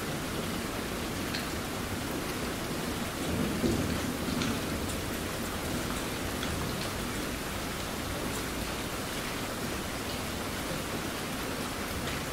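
Rain falls in a steady, dense hiss across the whole clip, with fine scattered drops ticking above the wash. The level stays even throughout, apart from a slight swell and a faint lower rumble around the three-to-four second mark.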